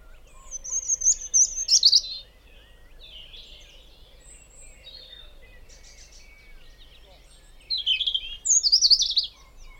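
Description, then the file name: European robin singing bright, high warbled phrases with quick trills, pausing several seconds between bursts before another sparkling, tumbling phrase begins. "Erithacus rubecula"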